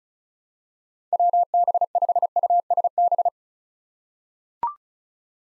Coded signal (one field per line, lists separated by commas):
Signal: Morse code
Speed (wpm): 36 wpm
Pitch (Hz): 700 Hz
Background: none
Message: WB5USB